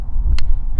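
A foothold trap is set for coyote: the metal dog is brought down from high over the pan until it catches in the pan notch with a single sharp metal click at 0.4 s, over a steady low hum. The trap is set in what is called a night latch.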